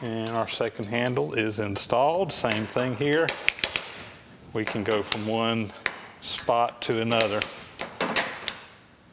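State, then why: Seated. Someone talks as a newly machined steel speed/feed shift handle on a Lucas horizontal boring mill is moved from one position to another, with a few sharp metallic knocks along the way. Its spring-loaded locking pin drops into the machine's detent hole and clicks into place at 8.5 s, seating the handle.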